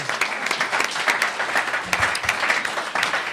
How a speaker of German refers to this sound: Also da mal einen Applaus, der ist ganz toll.